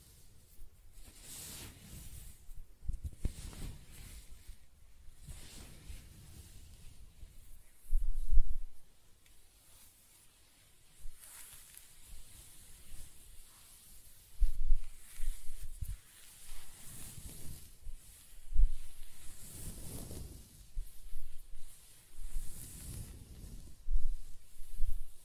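Close-up hair sounds: soft, irregular scratching and stroking in short bursts of hiss and low rustle, with quiet gaps between strokes.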